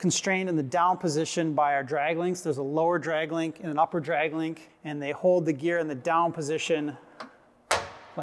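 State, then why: Seated. Someone talks for about seven seconds while an aircraft's carbon fiber main landing gear strut, held by lower and upper drag links, is swung down by hand. At 7.7 s the drag-link down-lock gives a sharp click, with faint knocks just before and after. The gear is locked in the down position so it cannot fold or collapse.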